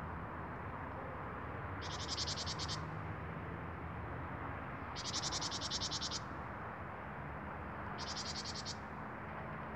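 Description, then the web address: Great tit giving three buzzy, fast-pulsed churrs about three seconds apart, each roughly a second long, against constant loud background noise. "SETE Parus major"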